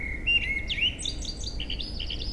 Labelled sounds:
Common Blackbird (Turdus merula)

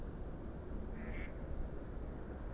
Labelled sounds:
Mallard (Anas platyrhynchos)

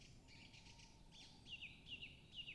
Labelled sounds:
Tawny Owl (Strix aluco)

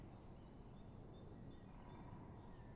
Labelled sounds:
Great Tit (Parus major)

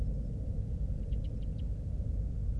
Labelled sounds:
Common Blackbird (Turdus merula)

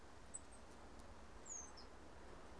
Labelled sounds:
Great Tit (Parus major)

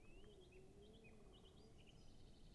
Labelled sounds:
Great Spotted Woodpecker (Dendrocopos major)

